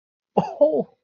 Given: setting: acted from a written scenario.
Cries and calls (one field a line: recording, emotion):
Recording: vocal sound without words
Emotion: positive surprise